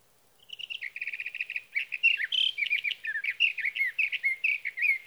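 Sage thrasher song: a fast run of even buzzy notes, then a long, jumbled warble of varied sweet phrases, rising and falling without a break.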